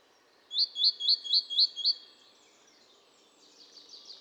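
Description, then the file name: Great tit call: six bright, evenly spaced notes in a quick repeated series, about four a second, then quiet with faint twittering from another bird. "Parus major"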